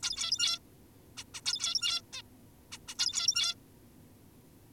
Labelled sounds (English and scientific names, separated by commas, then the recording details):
Zebra Finch (Taeniopygia guttata)
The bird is an adult
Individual g17y2U